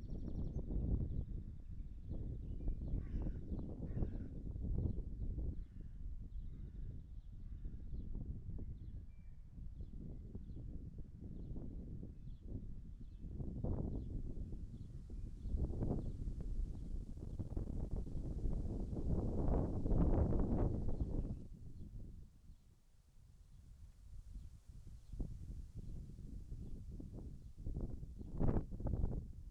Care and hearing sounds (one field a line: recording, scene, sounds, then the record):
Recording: everyday scene through a hearing-aid microphone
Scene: wind on the microphone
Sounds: wind, birds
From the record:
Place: in front of a rural house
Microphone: behind the ear, right, rear